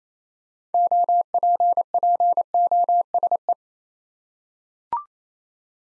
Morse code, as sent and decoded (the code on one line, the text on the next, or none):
--- .--. .--. --- ... .
OPPOSE